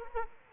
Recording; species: mosquito wingbeat signal from an infrared sensor; Culex quinquefasciatus